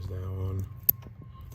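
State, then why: Seated. A wire terminal is pushed into a new VW coil pack connector housing, replaced to fix random misfires. Someone talks briefly, then a single sharp click sounds at 0.9 s as the terminal seats. The terminal is confirmed seated in the housing.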